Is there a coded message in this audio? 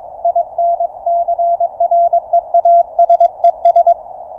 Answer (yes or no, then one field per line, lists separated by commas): yes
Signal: Morse code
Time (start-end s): 0.2-3.9 s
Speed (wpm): 22 wpm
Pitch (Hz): 690 Hz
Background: none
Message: INCREASES